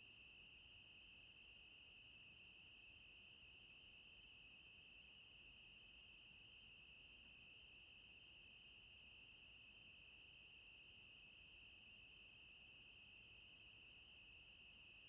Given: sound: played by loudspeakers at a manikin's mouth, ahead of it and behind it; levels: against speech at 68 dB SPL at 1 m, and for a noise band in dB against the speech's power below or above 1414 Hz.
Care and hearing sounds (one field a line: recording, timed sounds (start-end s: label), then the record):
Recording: test signals for a remote microphone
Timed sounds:
0.00-15.09 s: noise band at 2828 Hz, as loud as that band is in speech
From the record:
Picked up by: measurement microphone